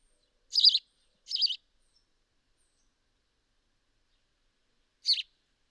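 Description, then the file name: House sparrow calling with a pair of quick doubled chirps, then a pause of several seconds before one more clipped chirp. "Passer domesticus"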